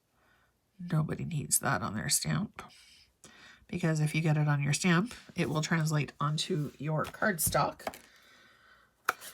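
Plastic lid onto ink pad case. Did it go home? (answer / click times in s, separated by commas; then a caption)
yes / 9.1 s. Someone talks, then the plastic lid of an ink pad case is closed and snaps shut onto the case with a sharp click at 9.1 seconds. The click shows the pad is completely sealed.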